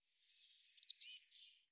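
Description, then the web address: Eurasian blue tit call: three quick, thin, falling notes followed by a short buzzy churr, in silence. "cianscape birddata Deverinetal 2025 File cleaned normalized Bird Cy Ca"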